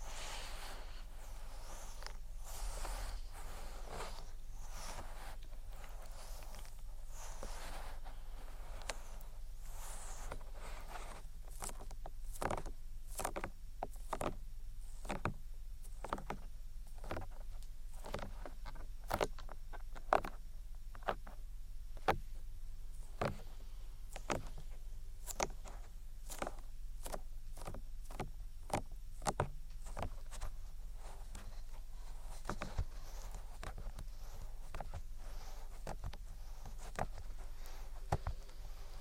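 Ear attention sounds of tapping and rubbing: a steady low hush with frequent quick, crisp taps scattered throughout, clustering densely from about twelve seconds onward. Softer rubbing and brushing textures fill the gaps, and the level stays fairly even across the clip.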